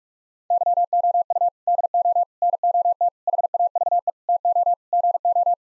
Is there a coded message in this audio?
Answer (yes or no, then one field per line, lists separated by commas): yes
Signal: Morse code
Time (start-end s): 0.5-5.5 s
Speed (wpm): 46 wpm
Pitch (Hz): 700 Hz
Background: none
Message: YOU DO NOT HAVE TO GO